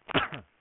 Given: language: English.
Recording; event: throat vibration sensor signal played as sound; cough